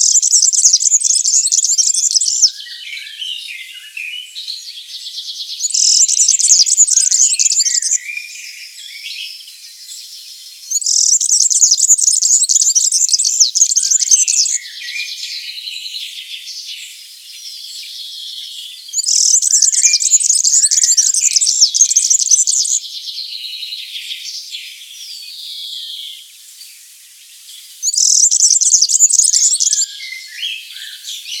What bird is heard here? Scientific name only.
Serinus serinus